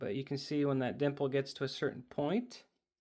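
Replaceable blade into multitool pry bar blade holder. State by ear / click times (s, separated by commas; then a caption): not seated / none. A replaceable utility blade is being slid into the pry bar blade holder of a Gerber Prybrid multitool, where a dimple on the blade is meant to snap into a detent and lock it so it can't come out. Across the 3.1 seconds, someone talks steadily, and the sound fades to silence near the end. Nothing has seated or clicked yet.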